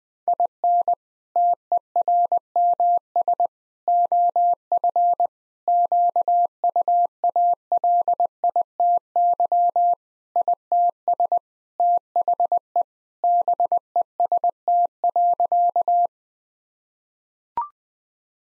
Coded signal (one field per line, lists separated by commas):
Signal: Morse code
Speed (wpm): 21 wpm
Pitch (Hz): 700 Hz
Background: none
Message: IN TERMS OF QUALITY ITS THE BEST.